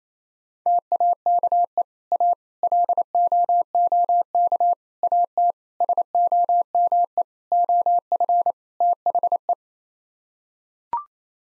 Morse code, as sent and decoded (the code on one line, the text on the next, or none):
- .- -.- . / .- / .-.. --- --- -.- / .- - / ... --- -- . / --- ..-. / - .... .
TAKE A LOOK AT SOME OF THE